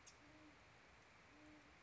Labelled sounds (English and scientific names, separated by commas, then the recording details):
Great Horned Owl (Bubo virginianus)
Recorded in Sonoma County, California